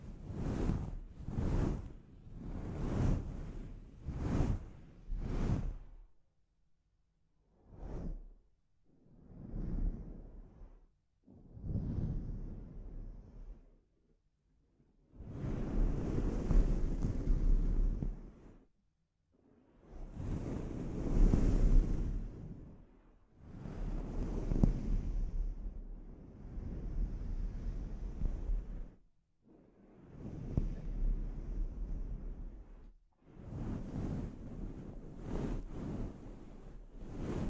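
Scalp treatment strokes make whooshing, rustling bursts: five quick swipes at first, then longer, slower sweeps every few seconds with brief silences between.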